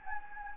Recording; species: mosquito wingbeat signal from an infrared sensor; Anopheles gambiae